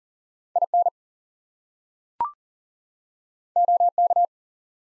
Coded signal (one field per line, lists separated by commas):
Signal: Morse code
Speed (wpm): 38 wpm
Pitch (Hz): 700 Hz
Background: none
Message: IN OK